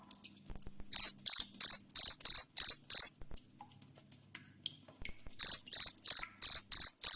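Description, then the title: Cricket starts after a quiet second, chirps rapidly for two seconds, pauses, then resumes the high pulsing chirps. Loud chirping cricket sound, played to make lovebirds keep trilling (ngekek). "Suara JANGKRIK NGERIK Keras Bikin LOVEBIRD Jadi NGEKEK Terus Vubey"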